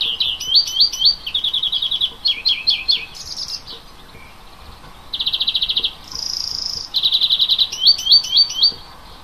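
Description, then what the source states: Bird singing: a series of fast trilled phrases, rippling rattles and a clear high whistled note, separated by short gaps. Native forest birds in March.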